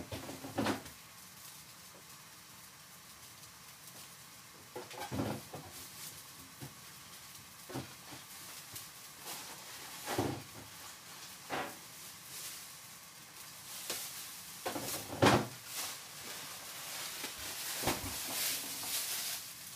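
Kitchen prep for packed lunches: sharp knocks and clatters of containers, lids and cupboard doors land every few seconds, loudest around the five-, ten- and fifteen-second marks. Between them a low steady hum and faint rustling fill the quiet.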